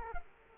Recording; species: mosquito wingbeat signal from an infrared sensor; Culex quinquefasciatus